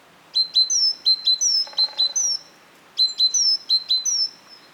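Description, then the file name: Great tit uttering sharp clipped notes and high descending whistles in two short bursts; a faint lower sound briefly in the background. "Parus major"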